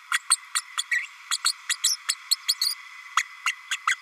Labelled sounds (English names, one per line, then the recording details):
Green-rumped Parrotlet babbling
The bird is a female
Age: 32 days
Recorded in a nest box in Venezuela
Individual 17B32A5